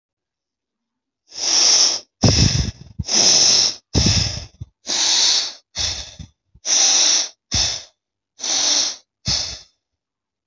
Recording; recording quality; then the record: shallow breathing; excellent, no background noise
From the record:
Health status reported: healthy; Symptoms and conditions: none ticked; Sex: female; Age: 27 years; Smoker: not ticked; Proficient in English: yes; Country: India